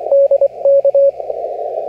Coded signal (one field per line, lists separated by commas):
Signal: Morse code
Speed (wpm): 18 wpm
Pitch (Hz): 550 Hz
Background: radio noise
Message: DK